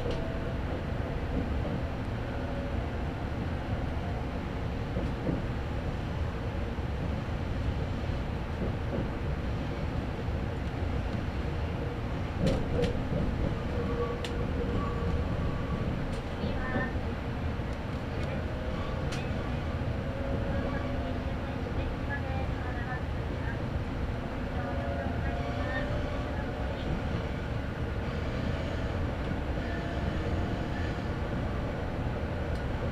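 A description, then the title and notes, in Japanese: Onboard the Izu-Hakone Railway limited express Odoriko No. 13, a steady low rumble of the moving train fills the whole recording at an even level. Faint squeals and short clicks from the wheels and rails appear around 12 to 20 seconds, with soft voices in the background. 伊豆箱根鉄道 大場→修善寺 特急踊り子13号にて。単線区間なのでさほど速度は上がりませんが、行き違いのない棒線上の駅は軽やかにスルーしていきます。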